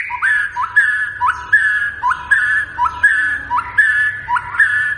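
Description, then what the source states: White-rumped shama: songbird whistling one short rising-then-level phrase again and again, clear and steady. Continuously singing (gacor) bird, used as a lure to draw a response from other shamas; local name murai batu.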